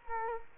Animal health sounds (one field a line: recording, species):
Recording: mosquito wingbeat signal from an infrared sensor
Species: Culex quinquefasciatus